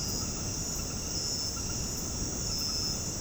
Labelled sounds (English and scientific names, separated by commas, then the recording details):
none
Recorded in dense forest near Puerto Asís, Putumayo, Colombia, on 20 February 2024 at 22:30
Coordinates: 0.486, -76.316
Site G6437